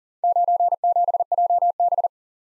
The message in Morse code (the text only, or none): 97JB